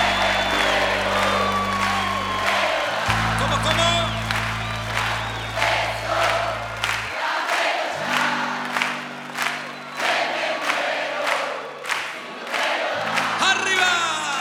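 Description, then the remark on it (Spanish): A crowd claps in steady unison, sharp claps landing roughly twice a second in time with thumping, bass-heavy music, with cheering voices mixed in throughout. “Y las palmas arriba.”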